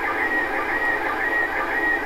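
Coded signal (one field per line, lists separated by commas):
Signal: SSTV (slow-scan television)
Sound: noisy warbling tone repeating about twice a second, buried in hiss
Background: radio static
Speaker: what are you hear there is a slow scan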